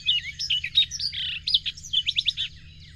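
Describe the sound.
Bird song: a dense, fast stream of high warbled whistles and chirps, ending in a quick series of sharp notes, with a faint low hum beneath.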